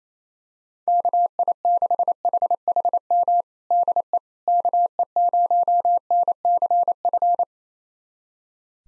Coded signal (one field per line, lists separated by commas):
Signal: Morse code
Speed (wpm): 27 wpm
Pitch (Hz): 700 Hz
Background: none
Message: KI6HHM DE KE0NCF